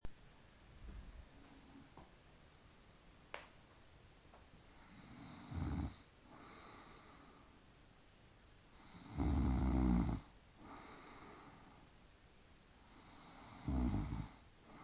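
Loud, rough snores recur every few seconds with quieter breaths between: an adult woman snoring during sleep.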